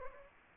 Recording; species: mosquito wingbeat signal from an infrared sensor; Anopheles gambiae